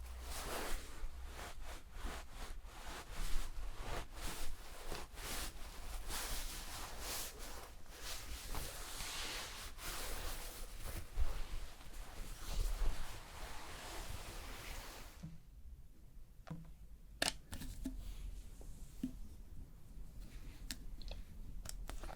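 Hair is shampooed with a dense, wet crackling and rubbing that keeps up steadily for about fifteen seconds, with soft swishing pulses. The lathering then stops abruptly, leaving a quieter stretch broken by scattered sharp clicks and light taps, with a low rumble underneath throughout.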